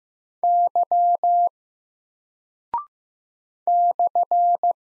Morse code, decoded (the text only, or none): Y /